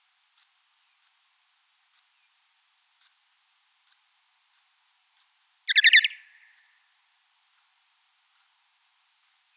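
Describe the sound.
Pipistrelle bat giving a steady series of brief downward-sweeping ticks, with one quick cluster of lower, rattling chirps near the middle.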